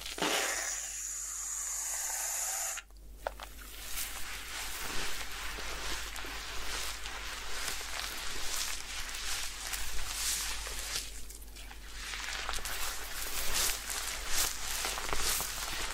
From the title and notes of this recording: Head Spa Hair Wash, Massage, Ear Cleaning.